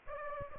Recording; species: mosquito wingbeat signal from an infrared sensor; Aedes aegypti